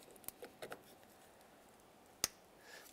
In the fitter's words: Push down so you hear a click.